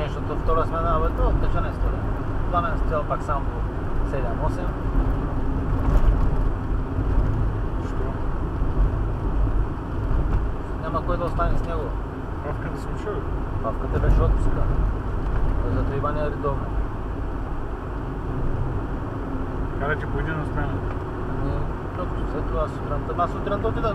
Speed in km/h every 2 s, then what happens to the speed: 68, 67, 66, 63, 64, 64, 63, 65, 67, 67, 69, 70.
0-24 steady at about 66.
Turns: none.